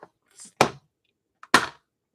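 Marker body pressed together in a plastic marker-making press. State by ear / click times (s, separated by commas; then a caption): seated / 0.6 s, 1.5 s. In a marker-making kit, a marker body is set in the holder of a plastic marker-making press, and the press is pushed down a couple of times to seat the marker parts firmly together. Two sharp, loud clicks ring out at 0.6 s and 1.6 s, with faint rustling around them. The marker parts are pressed all the way tight and seated.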